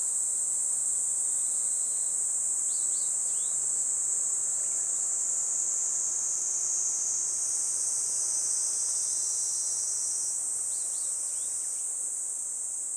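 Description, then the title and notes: Kaempfer cicadas in a continuous high, hissing drone that never breaks. Brief bird chirps at about three and eleven seconds. Chorus of many Kaempfer cicadas in a forest by the Tama River, Japan, as they began singing in summer, a pleasant noise heralding summer; birds also calling. "多摩川の森、ニイニイゼミたちの合唱"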